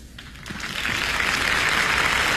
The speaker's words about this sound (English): Applauding a third act entrance.